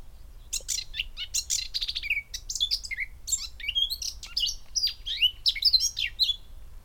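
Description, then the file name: Eurasian blackcap song, an energetic jumble of fast chattering notes leading into clear whistled phrases, repeated in two bursts. "Sylvia atricapilla"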